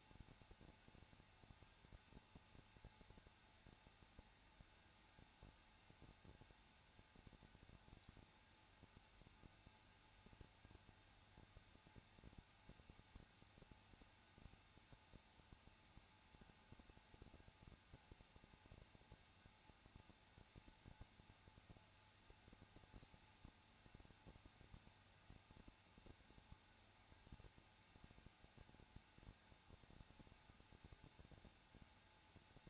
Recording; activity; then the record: daily activity, microphone in the room; no activity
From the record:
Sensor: 2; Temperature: 21.0 degrees Celsius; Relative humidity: 34.2%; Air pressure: 994.4 hPa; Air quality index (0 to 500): 170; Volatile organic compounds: 3 ppm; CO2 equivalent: 1325 ppm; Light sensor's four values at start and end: 2/3/2/2 and 2/3/2/2